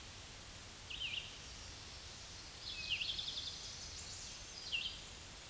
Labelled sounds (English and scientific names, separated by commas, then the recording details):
Red-eyed Vireo (Vireo olivaceus) song
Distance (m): 30 m
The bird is about 10 m above the microphone
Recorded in a Pennsylvania forest on 16 May 2024 at 07:53
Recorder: AudioMoth, point MSD-2376
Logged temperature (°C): 16.7 °C
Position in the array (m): 150 m, 28 m